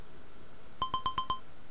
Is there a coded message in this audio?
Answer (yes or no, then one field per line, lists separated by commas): no